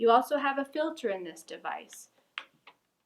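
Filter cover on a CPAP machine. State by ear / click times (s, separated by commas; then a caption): released / 2.4 s. Someone talks, then the plastic filter cover on the back of a CPAP machine (AirSense 10) is opened and releases with a sharp click at 2.4 s. A fainter tick follows at 2.7 s.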